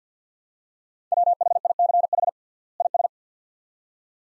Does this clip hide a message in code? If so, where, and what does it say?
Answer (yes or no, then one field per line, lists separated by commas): yes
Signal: Morse code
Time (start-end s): 1.1-3.1 s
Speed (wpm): 50 wpm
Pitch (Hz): 700 Hz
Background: none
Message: WHICH IS